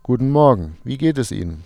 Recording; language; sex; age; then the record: spoken sentence; German; male; 40 to 49 years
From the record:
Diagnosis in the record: healthy voice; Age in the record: 48 years